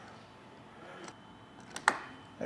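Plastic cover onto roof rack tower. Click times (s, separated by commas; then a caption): 1.9 s. A plastic cover is pressed back onto a Yakima CoreBar crossbar roof rack tower on a 2023 Ford Bronco Sport. A light tap at about 1.8 s is followed by a sharp, loud snap at 1.9 s as the cover seats in place.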